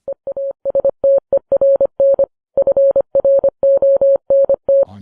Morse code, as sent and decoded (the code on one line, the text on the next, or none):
. .- ... - . .-. -. / ..-. .-. --- -. -
EASTERN FRONT